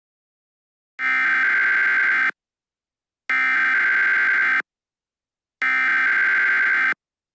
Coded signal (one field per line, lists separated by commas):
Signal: Emergency Alert System (SAME) tones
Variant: header bursts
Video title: EAS Scenario #3: Mickey Error